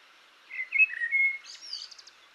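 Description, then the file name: Eurasian blackbird song phrase: a few soft fluted whistles followed by a rapid, high scratchy twitter. "Turdus merula"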